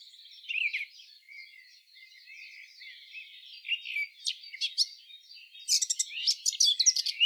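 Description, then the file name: Eurasian blackcap warbling quietly and chattily, then bursting into a louder, sharper flourish of bright whistled notes in the final seconds. "Sylvia atricapilla"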